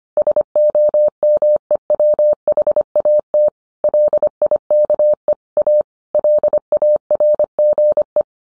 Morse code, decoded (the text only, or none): SOMEWHAT LIKE A LARGE